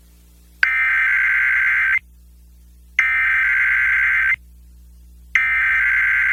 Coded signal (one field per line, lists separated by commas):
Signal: Emergency Alert System (SAME) tones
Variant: header bursts